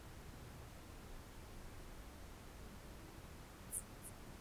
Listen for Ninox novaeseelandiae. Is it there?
no